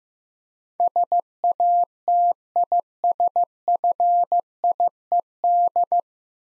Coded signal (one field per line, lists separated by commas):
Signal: Morse code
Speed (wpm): 15 wpm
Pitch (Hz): 700 Hz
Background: none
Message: SATISFIED